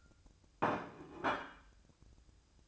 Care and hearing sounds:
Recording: daily activity, microphone in the room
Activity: place plate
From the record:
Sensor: 2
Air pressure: 1007.3 hPa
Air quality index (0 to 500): 39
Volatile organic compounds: 1 ppm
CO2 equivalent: 538 ppm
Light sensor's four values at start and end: 6/15/6/6 and 6/15/6/6

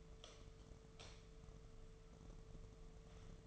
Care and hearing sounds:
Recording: daily activity, microphone in the room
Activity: light off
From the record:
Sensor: 4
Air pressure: 1015.4 hPa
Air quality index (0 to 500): 170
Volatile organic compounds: 7 ppm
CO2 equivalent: 1966 ppm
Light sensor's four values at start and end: 18/44/18/18 and 17/41/17/16

